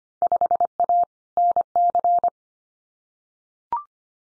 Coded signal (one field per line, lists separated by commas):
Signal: Morse code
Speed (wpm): 25 wpm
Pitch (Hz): 700 Hz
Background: none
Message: 5A NC